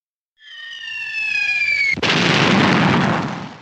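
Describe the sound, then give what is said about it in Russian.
A high whistle glides steadily downward for over a second, then an artillery shell fired from a cannon lands in a low hollow and bursts in a loud, broad explosion that roars and rumbles before slowly fading. “Еще один снаряд из пушки разорвался чуть ближе.”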